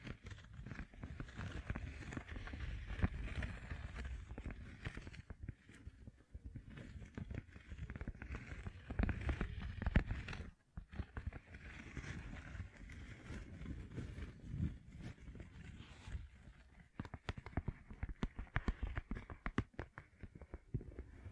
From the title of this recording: Gem Covered Fingertips Tapping and Scratching